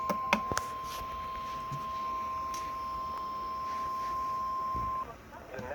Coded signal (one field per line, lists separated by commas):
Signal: Emergency Alert System (SAME) tones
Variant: 1050 Hz attention tone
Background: speech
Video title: EAS #561: SMW-W